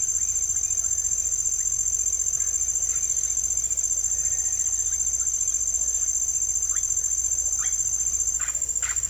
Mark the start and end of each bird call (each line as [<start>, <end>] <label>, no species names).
[0.00, 1.71] bird call
[4.05, 5.56] bird call
[6.72, 9.09] bird call